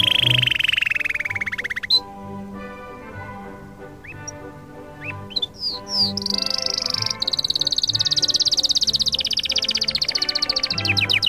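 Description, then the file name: Canary song opening with a downward-sliding trill, a few separate rising whistled notes, then long rapid high trills that shift in pitch, over soft music. Canary song combined with music. "suara kenari dan musik"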